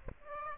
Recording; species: mosquito wingbeat signal from an infrared sensor; Aedes aegypti